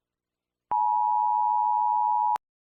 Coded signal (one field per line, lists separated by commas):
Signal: Emergency Alert System (SAME) tones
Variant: 853 and 960 Hz attention tone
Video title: EAS Scenario - The Deadly Big One